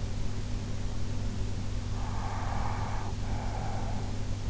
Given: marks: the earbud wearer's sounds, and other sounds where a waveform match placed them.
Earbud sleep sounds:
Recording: sounds in sleep by an in-ear microphone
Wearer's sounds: breath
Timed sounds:
1.99-4.28 s: breath

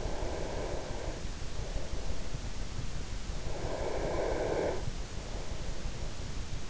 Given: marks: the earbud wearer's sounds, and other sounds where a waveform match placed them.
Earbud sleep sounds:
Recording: sounds in sleep by an in-ear microphone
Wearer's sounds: breath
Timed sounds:
0.02-1.35 s: breath
3.38-5.04 s: breath

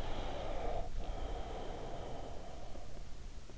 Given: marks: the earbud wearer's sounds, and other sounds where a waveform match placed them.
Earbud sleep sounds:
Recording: sounds in sleep by an in-ear microphone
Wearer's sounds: breath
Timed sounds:
0.00-3.16 s: breath

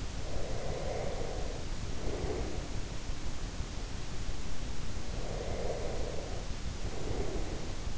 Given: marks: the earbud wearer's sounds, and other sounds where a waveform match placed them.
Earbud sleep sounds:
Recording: sounds in sleep by an in-ear microphone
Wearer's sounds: breath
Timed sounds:
0.07-2.91 s: breath
4.92-7.98 s: breath

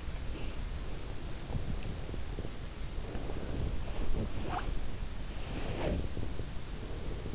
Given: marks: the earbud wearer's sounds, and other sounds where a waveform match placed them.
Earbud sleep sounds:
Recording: sounds in sleep by an in-ear microphone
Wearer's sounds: breath, body movement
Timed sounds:
0.27-0.94 s: breath
2.95-4.77 s: breath
4.02-6.19 s: body movement

